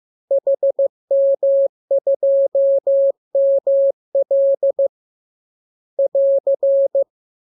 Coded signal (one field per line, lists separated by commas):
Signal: Morse code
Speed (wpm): 15 wpm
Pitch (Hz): 550 Hz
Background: none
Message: HM2ML <AR>